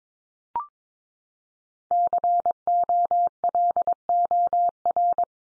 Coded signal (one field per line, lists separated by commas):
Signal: Morse code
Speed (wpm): 22 wpm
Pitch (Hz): 700 Hz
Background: none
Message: COLOR